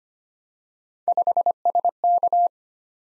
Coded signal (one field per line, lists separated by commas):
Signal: Morse code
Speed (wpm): 25 wpm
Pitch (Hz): 700 Hz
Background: none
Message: 5SK